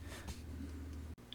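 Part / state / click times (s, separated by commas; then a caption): extractor plunger in a pistol slide / released / 1.3 s. A 3/32 pin punch is pressed hard straight down on the extractor plunger pin in a Taurus GX2 pistol slide over a steady low hum, which briefly drops out just before the end. A sharp click at 1.3 s marks the extractor plunger releasing, and the extractor starts to back out of the slide.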